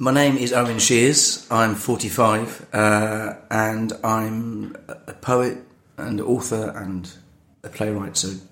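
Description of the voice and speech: A 45-year-old man who stammers introduces himself with his name, age and work in mostly smooth speech. Brief glottal catches and stretched sounds, with short silent pauses around "and I'm a", mark mild stammering blocks and prolongations.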